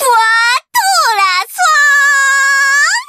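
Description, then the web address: Swan calls: three drawn-out, nasal, wailing notes rich in overtones. The second note falls and the last is held steady for over a second. "BWATTLER SWAN"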